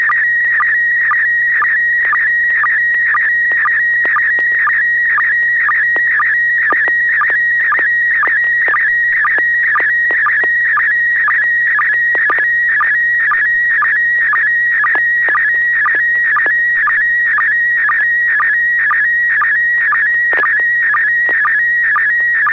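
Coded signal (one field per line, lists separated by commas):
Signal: SSTV (slow-scan television)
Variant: PD120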